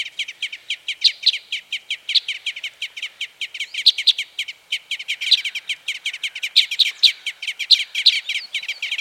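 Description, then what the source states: Red crossbill excitement calls, a rapid stream of short sharp chips in dense bursts throughout. Type N Red Crossbill; excitement calls.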